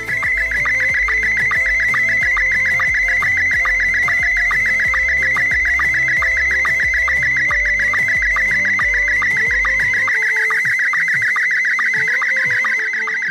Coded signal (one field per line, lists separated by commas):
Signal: SSTV (slow-scan television)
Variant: Scottie 1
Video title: Testy SSTV ASŁK Akademicka Sieć Łączności Kryzysowej Bydgoszcz 28.11.2017